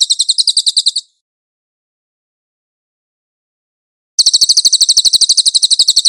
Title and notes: MASTER SANGAT BAGUS SUARA BURUNG CILILIN, AUDIO JERNIH. CICILIN